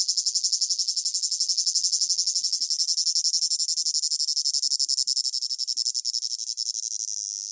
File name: gain walkers CICADA Close Up Rhythmic Chirping Long Phrases Piercing Whine